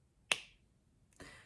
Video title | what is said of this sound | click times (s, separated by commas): SISLEY PHYTO-ROUGE SHINE LIPSTICKS - Swatches, Comparisons, & More | so you want to make sure that it snaps in and then it really fits | 0.3 s